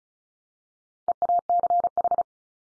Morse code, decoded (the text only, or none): EACH